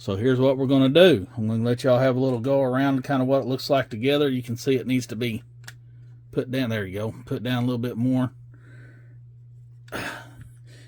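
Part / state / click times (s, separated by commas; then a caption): scale model car body onto its chassis / partly seated / 10.4 s. Someone talks while pressing the plastic body of an Accurate Miniatures McLaren M8B scale model race car down onto its chassis, and a faint click is heard at 10.4 s. The body does not fully snap into place, probably because it interferes with the doors.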